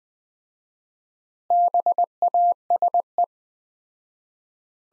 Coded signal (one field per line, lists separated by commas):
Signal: Morse code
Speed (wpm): 20 wpm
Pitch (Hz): 700 Hz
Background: none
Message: BASE